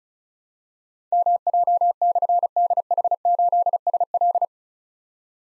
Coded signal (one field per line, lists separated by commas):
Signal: Morse code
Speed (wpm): 36 wpm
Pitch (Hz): 700 Hz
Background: none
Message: MJ/DH8SL